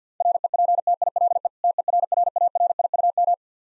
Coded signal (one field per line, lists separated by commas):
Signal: Morse code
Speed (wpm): 48 wpm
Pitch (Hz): 700 Hz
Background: none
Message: REPTILE TERRARIUM